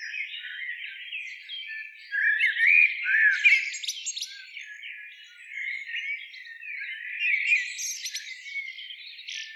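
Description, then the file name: Eurasian blackbird twittering with squeaky, chattering notes, interspersed with sharp high clicks, rising and falling in loudness. "Turdus merula"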